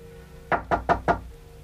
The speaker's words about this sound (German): Es hat geklopft. Nein, wie du zitterst. Wer ist das?